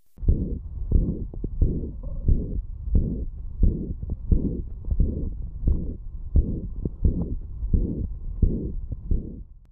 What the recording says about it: The murmur of severe mitral valve insufficiency the murmur does not radiate into the axilla, rather it radiates to the base at the apex, you'll hear the high-frequency holosystolic murmur of mitral valve insufficiency. This atypical radiation of the mitral valve insufficiency murmur is seen when there is prolapse or flail of the middle scallop of the posterior leaflet.